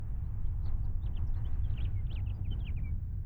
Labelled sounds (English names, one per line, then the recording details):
House Finch song
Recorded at Oak Beach on Long Island, New York, on 21 May 1975
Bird B